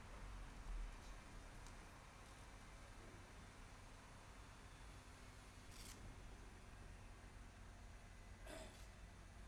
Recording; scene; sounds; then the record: everyday scene through a hearing-aid microphone; in traffic; traffic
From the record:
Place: bus stop on a city main road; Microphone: behind the ear, left, rear